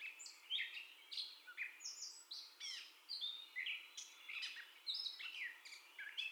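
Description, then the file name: Gray catbird giving a varied, mimic-like song of harsh and whistled notes, rising and falling slurs in short bursts with brief gaps. First song, 30 May 2021. "2021-05-30 Catbird First Song"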